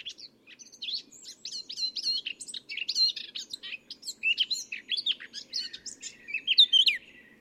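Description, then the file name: Eurasian blackcap song, a continuous rapid warble of mixed scratchy and clear whistled notes, varied in pitch, with a steady low background hum. "Sylvia atricapilla"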